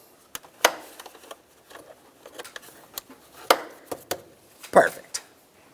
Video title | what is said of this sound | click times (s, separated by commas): How To Replace Throttle Body Assembly 2006-10 Ford Explorer | make our way down to this area here so we can latch in our air filter box perfect | 0.3 s, 0.6 s, 3.5 s, 4.1 s